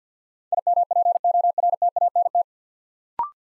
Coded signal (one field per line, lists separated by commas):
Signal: Morse code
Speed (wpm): 48 wpm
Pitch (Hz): 700 Hz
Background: none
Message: IMPORTANT